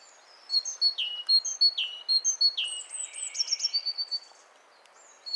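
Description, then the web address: Great tit calls: a steady run of piercing high chirps and down-slurred notes, then a brief quiet spell before a last note. "SETE Parus major"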